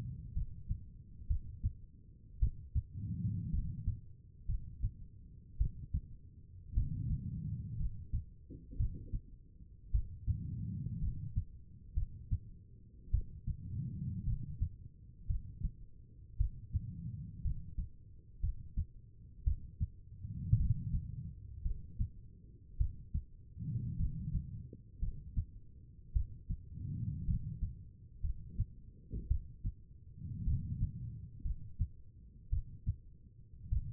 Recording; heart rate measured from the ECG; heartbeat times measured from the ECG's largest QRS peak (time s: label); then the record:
heart sounds by stethoscope; 56 bpm
0.34 s: heartbeat
1.28 s: heartbeat
2.40 s: heartbeat
3.51 s: heartbeat
4.46 s: heartbeat
5.58 s: heartbeat
6.74 s: heartbeat
7.78 s: heartbeat
8.77 s: heartbeat
9.91 s: heartbeat
11.00 s: heartbeat
11.94 s: heartbeat
13.11 s: heartbeat
14.25 s: heartbeat
15.27 s: heartbeat
16.38 s: heartbeat
17.43 s: heartbeat
18.41 s: heartbeat
19.44 s: heartbeat
20.57 s: heartbeat
21.63 s: heartbeat
22.78 s: heartbeat
23.97 s: heartbeat
25.00 s: heartbeat
26.13 s: heartbeat
27.26 s: heartbeat
28.22 s: heartbeat
29.28 s: heartbeat
30.45 s: heartbeat
31.43 s: heartbeat
32.50 s: heartbeat
33.69 s: heartbeat
From the record:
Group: healthy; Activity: rest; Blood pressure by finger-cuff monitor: 93/60 mmHg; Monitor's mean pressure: 68 mmHg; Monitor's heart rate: 56 bpm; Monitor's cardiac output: 4.4 L/min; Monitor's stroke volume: 79 mL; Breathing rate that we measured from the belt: 18 breaths a minute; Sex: female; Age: 36 years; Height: 163 cm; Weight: 88 kg